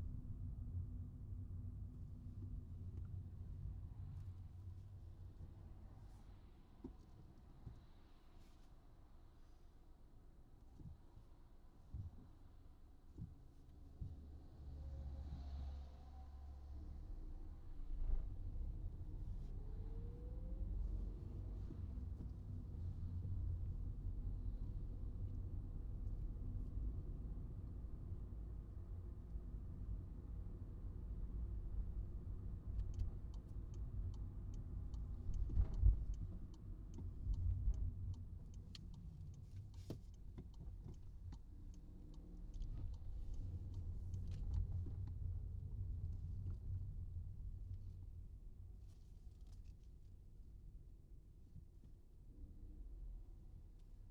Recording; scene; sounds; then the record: everyday scene through a hearing-aid microphone; in a vehicle; engine, traffic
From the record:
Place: Skoda Fabia, gasoline engine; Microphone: in the ear canal, right